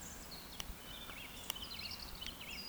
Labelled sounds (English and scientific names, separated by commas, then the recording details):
Eurasian Woodcock (Scolopax rusticola) whistle
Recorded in Baden-Württemberg, Germany, on 14 June 2020 at 19:57 UTC
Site 14569, 102 m above sea level